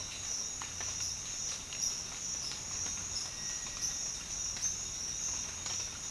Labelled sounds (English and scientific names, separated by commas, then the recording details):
Cinereous Tinamou (Crypturellus cinereus)
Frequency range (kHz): Cinereous Tinamou (Crypturellus cinereus) 1.1-2.2 kHz
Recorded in dense forest near Puerto Asís, Putumayo, Colombia, on 19 March 2025 at 06:30
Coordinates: 0.484, -76.317
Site G064